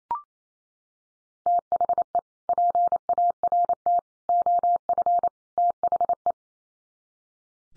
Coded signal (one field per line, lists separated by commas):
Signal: Morse code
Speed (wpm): 28 wpm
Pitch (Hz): 700 Hz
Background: none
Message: THE PART OF THE